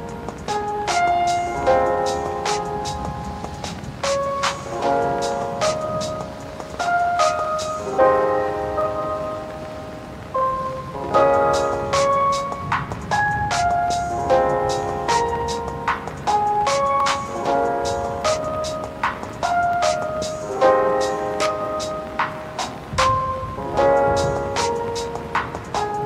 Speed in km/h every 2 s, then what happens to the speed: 8, 10, 12, 16, 18, 13, 15, 11, 10, 10, 13, 7, 11.
0-7 speeds up to 18. 7-16 slows to 10. 16-26 steady at about 10.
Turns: none.